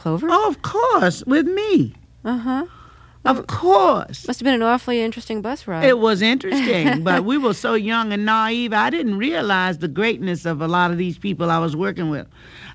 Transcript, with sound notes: Oh, of course. With me. Of course.
Must've been an awfully interesting bus ride (laughter).
It was interesting, but we were so young and naive. I didn't realize the greatness of a lot of these people I was working with.